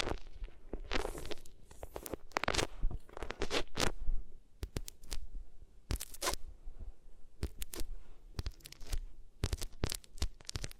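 Ears being rubbed against different materials, heard as a run of scratchy, crinkly strokes. Dense rustling fills the first four seconds, then gives way to sharper, separate swipes and crackles arriving irregularly, about one or two per second, with quiet gaps between.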